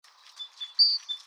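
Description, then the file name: Great tit call: a clear, thin high whistle lasting about a fifth of a second, amid fainter scattered high chirps and soft background bird chatter. "Parus major"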